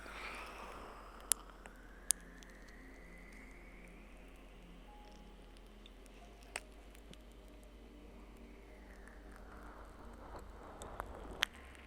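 Slow ear licks and kisses: soft wet smacks and clicks every few seconds, with sharp pops near two and eleven seconds over a low hum.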